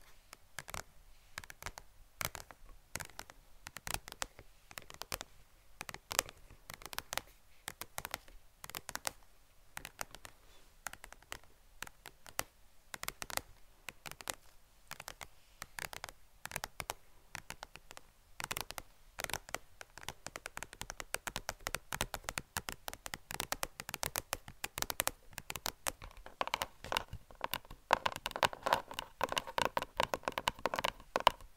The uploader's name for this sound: ASMR Best Tapping